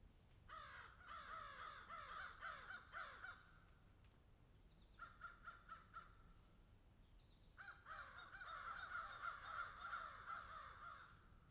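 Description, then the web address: Several crows cawing in dense runs of harsh, downslurred caws with brief pauses between bouts, steady high hiss behind. Crows cawing in a field. "Debarup Travel Films - Crows Caw in Field"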